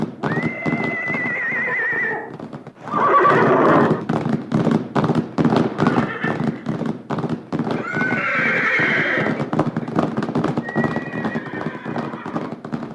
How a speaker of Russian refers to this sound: Неподалеку появился дикий табун лошадей, и Луна, укрощенная Луна, перестала подчиняться наезднице.